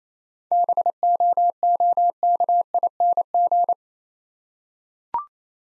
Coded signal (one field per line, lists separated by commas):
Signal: Morse code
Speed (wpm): 28 wpm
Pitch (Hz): 700 Hz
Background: none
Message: BOOKING